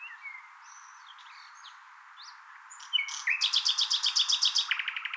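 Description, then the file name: Common nightingale song: scattered soft, high whistles and slurs, then a loud rapid trill of repeated notes that shifts lower toward the end. "Luscinia megarhynchos"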